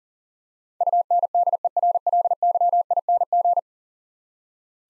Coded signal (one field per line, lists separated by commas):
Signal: Morse code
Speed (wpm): 40 wpm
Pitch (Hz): 700 Hz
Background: none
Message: UNDERLYING